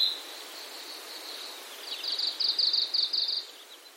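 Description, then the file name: Red-flanked bluetail song: a faint thin tone, then a quick run of bright, evenly spaced high notes before fading out, over hiss. "ruribi"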